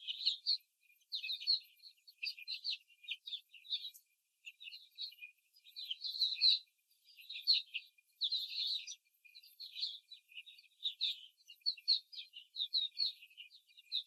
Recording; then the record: young laying hens in a cage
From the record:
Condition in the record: before the stressor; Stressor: simulated dog barking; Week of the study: 3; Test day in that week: 2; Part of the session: 1